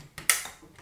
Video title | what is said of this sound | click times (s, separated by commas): Epson XP-7100 : How to Setup and Use - Full Step by Step Guide | You need to hear that click. | 0.3 s